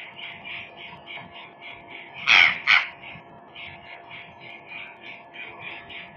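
Purplish jay calls: a steady stream of softer notes, interrupted by two loud harsh calls near the middle.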